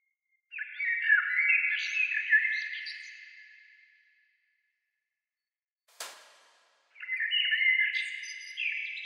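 Bird song in long, rich warbling phrases several seconds long, separated by a pause, with one sharp click between them.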